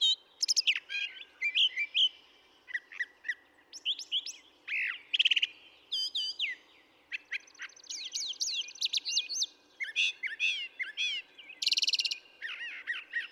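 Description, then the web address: Brown thrasher song: a long run of varied phrases mixing sharp whistled slurs, harsh chips and buzzy notes, delivered rapidly with brief gaps. "birdsongforthecurious Brown Thrasher"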